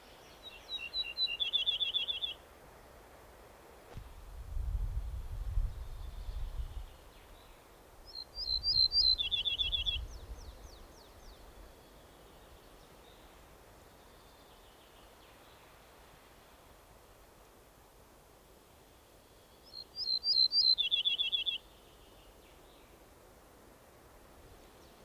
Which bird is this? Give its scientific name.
Emberiza hortulana